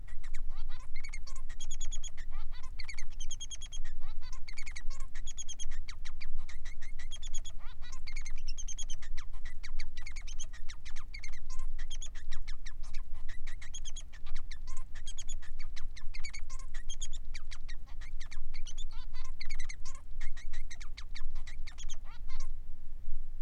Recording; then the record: song of a male Bengalese finch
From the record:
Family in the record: son of father 3